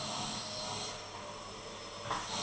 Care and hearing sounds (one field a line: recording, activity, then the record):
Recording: daily activity, microphone in the room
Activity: vacuum cleaning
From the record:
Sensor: 4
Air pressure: 1010.4 hPa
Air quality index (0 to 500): 179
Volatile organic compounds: 5 ppm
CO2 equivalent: 1813 ppm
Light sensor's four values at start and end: 33/97/38/38 and 33/97/38/38